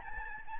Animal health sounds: mosquito wingbeat signal from an infrared sensor; Aedes albopictus

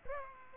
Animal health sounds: mosquito wingbeat signal from an infrared sensor; Aedes aegypti

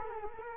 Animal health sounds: mosquito wingbeat signal from an infrared sensor; Culex quinquefasciatus

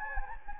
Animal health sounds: mosquito wingbeat signal from an infrared sensor; Anopheles gambiae

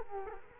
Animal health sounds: mosquito wingbeat signal from an infrared sensor; Culex quinquefasciatus

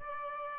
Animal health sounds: mosquito wingbeat signal from an infrared sensor; Aedes albopictus

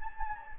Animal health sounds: mosquito wingbeat signal from an infrared sensor; Anopheles gambiae

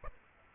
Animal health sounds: mosquito wingbeat signal from an infrared sensor; Aedes aegypti

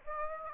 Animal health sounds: mosquito wingbeat signal from an infrared sensor; Aedes aegypti

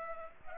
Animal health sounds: mosquito wingbeat signal from an infrared sensor; Culex pipiens

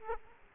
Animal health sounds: mosquito wingbeat signal from an infrared sensor; Aedes aegypti

